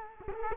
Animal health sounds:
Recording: mosquito wingbeat signal from an infrared sensor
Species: Culex quinquefasciatus

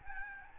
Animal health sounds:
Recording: mosquito wingbeat signal from an infrared sensor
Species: Aedes albopictus

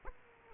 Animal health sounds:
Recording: mosquito wingbeat signal from an infrared sensor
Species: Aedes aegypti

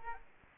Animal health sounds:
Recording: mosquito wingbeat signal from an infrared sensor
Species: Culex quinquefasciatus

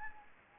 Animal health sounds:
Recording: mosquito wingbeat signal from an infrared sensor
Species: Anopheles gambiae

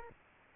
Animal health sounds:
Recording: mosquito wingbeat signal from an infrared sensor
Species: Aedes aegypti

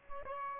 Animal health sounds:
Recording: mosquito wingbeat signal from an infrared sensor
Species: Aedes albopictus

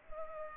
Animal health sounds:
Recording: mosquito wingbeat signal from an infrared sensor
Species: Culex pipiens

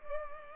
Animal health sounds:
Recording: mosquito wingbeat signal from an infrared sensor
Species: Culex pipiens

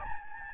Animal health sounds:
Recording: mosquito wingbeat signal from an infrared sensor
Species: Aedes albopictus

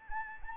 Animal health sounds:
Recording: mosquito wingbeat signal from an infrared sensor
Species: Anopheles arabiensis

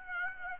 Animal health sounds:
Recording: mosquito wingbeat signal from an infrared sensor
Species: Aedes aegypti

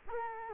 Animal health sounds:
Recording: mosquito wingbeat signal from an infrared sensor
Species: Culex quinquefasciatus

